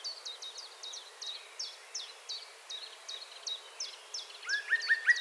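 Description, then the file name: Common blackbird calls, a fast series of short high clipped notes about three per second, ending with louder downslurred notes. "Turdus merula 181122"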